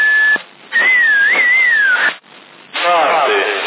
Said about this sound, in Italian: È solo il fischio.